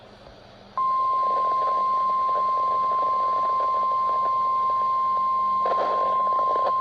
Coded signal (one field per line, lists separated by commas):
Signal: Emergency Alert System (SAME) tones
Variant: 1050 Hz attention tone